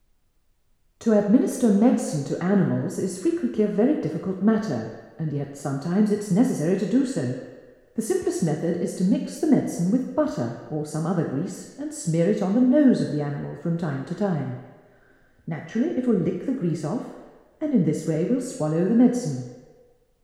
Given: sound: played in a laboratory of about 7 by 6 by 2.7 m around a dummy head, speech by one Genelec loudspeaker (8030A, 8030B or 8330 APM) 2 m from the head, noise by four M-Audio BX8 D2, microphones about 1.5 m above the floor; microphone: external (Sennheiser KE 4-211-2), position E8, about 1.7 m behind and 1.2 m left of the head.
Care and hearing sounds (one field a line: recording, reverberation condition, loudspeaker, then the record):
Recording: female speech in English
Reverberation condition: high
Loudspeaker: 150 degrees to the left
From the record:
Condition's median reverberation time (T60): about 1300 ms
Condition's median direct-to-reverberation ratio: about -4.0 dB